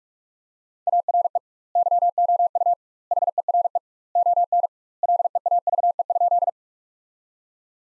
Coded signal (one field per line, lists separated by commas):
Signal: Morse code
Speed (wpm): 41 wpm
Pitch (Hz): 700 Hz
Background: none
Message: ARE YOU HERE ON LEAVE?